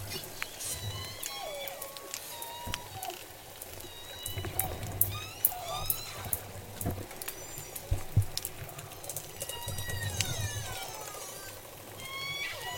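J pod killer whales call back and forth throughout, with frequent rising and falling squeals and pulsed calls overlapping one another. Sharp clicks crackle in between. A low, steady rumble of water and engine noise runs underneath the whole time.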